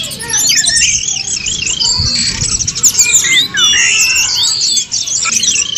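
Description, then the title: Songbirds in a dense chorus of overlapping twittering, whistled and squeaky phrases, many rising and falling notes, with a low rumbling background noise throughout. "SuaraBurung Kicau3"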